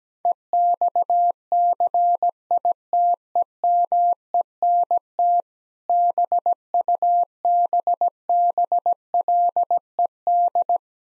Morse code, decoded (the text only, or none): EXCITEMENT BUBBLED